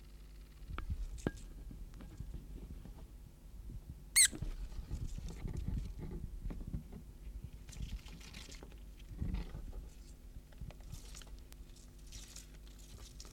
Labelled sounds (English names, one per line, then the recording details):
Common Pine Vole distress call
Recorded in captivity
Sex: male
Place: Wohnung, Berlin, DE
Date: 1988-09-17
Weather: Zimmertemperatur
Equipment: Tesla B 115, RFT DM 2415 (Originalband)
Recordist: Frommolt, Karl-Heinz
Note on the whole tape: Defensivrufe eines Weibchens bei Ergreifen mit einer stumpfen Pinzette. Wildfang aus Erzgebirge